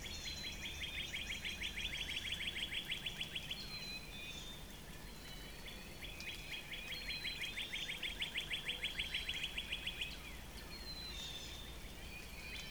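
Northern Cardinal singing two long fast trills of slurred whistled notes, each lasting about four seconds, over steady background hiss and faint other bird calls.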